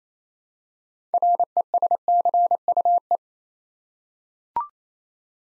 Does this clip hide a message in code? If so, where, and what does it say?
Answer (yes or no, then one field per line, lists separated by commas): yes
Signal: Morse code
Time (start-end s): 1.1-3.2 s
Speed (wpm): 27 wpm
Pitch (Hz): 700 Hz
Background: none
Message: RESCUE